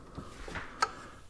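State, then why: Released. The stock halogen headlight bulb on a 5th-gen 4Runner is turned counterclockwise in its socket in the plastic headlight housing. A soft rubbing twist sounds around 0.6 s, then a sharp, bright click at 0.8 s as the bulb releases free.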